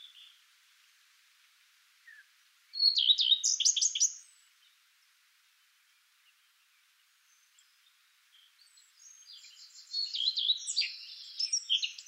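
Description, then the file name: Eurasian blackcap song: a brief burst of quick warbled notes around three seconds, then quiet, then a second softer chattering phrase near the end. "Sylvia atricapilla"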